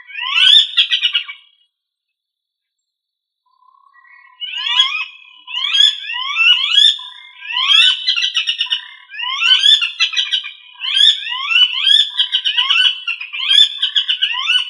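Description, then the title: Rail chattering: one brief squealing burst, a pause of about two seconds, then continuous rolling phrases of rapid harsh notes that grow steady. "LuckyFamilia RallidaeFrangoSama"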